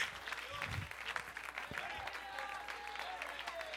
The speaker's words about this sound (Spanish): Ese aplausito está chueco, está bendito en nombre de Dios.